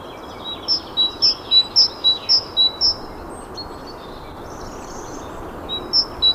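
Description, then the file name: Great tit calling in a rapid run of paired high and lower notes, breaking off before resuming with a few more notes. "Parus major"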